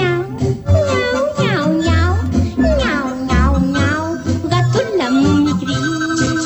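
A cat meows repeatedly, a run of rising and falling high-pitched cries in quick succession, fairly loud, over a low steady hum in the background.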